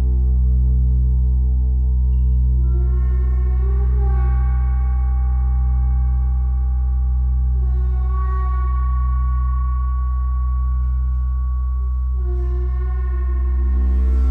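A gong bath of long, humming gong and bowl tones layered over a deep, steady drone. Fresh strikes around three, eight and twelve seconds add bright shimmering overtones that slowly fade, while the lower tones swell and waver without pause.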